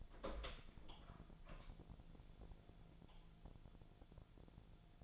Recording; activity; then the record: daily activity, microphone in the room; open door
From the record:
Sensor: 5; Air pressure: 1000.6 hPa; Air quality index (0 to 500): 154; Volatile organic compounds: 2 ppm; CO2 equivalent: 1186 ppm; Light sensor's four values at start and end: 48/113/47/50 and 48/112/47/50